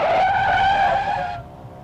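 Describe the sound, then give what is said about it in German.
A loud, high-pitched screech of car tires skidding as a car hits a woman who ran straight into it, holding one steady whining tone for over a second before cutting off abruptly, with nothing but a faint low rumble after it. “Sie ist direkt in den Wagen hineingelaufen.”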